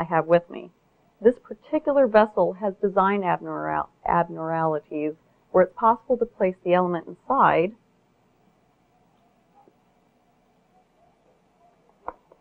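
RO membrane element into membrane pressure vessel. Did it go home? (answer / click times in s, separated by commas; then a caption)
no / none. Someone talks for about eight seconds about a Dow next-generation domestic reverse osmosis membrane element being placed into a plastic membrane pressure vessel, whose design lets the element go in and the lid close without the O-rings sealing. After near silence, a brief sharp sound comes at about 12.1 s. Nothing has seated or clicked yet: the O-rings are not seated.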